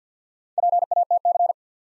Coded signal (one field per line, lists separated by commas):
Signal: Morse code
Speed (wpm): 50 wpm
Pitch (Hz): 700 Hz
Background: none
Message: PATC